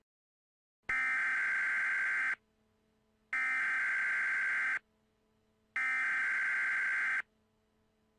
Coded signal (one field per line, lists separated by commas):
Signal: Emergency Alert System (SAME) tones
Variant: header bursts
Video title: EAS Scenario #2 Global Hurricane